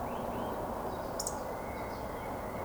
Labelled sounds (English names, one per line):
Eurasian Woodcock whistle